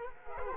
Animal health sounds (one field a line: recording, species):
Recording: mosquito wingbeat signal from an infrared sensor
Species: Culex quinquefasciatus